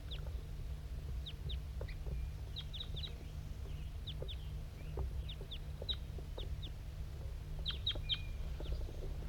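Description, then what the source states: Crossbill calls: rapid sharp chips, often in pairs, repeated irregularly throughout, with a low background rumble. Calls of the recordist's bird labelled 5-3, with a wild crossbill nearby.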